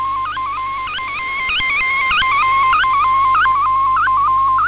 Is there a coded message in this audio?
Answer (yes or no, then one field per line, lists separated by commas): no